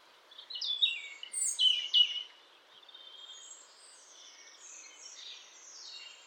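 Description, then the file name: European robin song: a run of high, quick, tumbling notes and slides, fading into quieter, softer high warbling over a light background hiss. "Erithacus rubecula"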